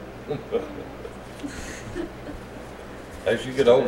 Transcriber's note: laughter